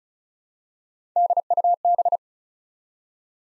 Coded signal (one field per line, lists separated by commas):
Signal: Morse code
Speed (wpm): 36 wpm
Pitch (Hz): 700 Hz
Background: none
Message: DUB